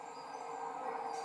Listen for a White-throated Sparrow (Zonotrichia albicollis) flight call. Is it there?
no